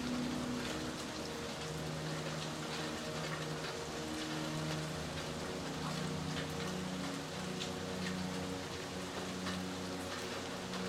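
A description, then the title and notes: Steady gentle rain patters densely and evenly, with faint scattered drips up high and a soft low hum of held tones underneath. Relaxing Music with Rain Sounds. A gentle rain as a storm passes through. Atmospheric sound with a peaceful piano that comes in and leaves slowly.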